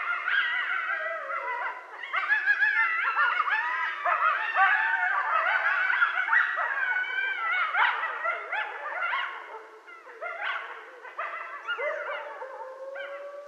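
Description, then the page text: Coyotes in a busy chorus of yips, barks and wavering, bending howls overlapping throughout, ending on a lone steady howl note. Several coyotes, Canis latrans, at night. "Night Sounds, Pt 5 – Coyotes – Stan Courtney"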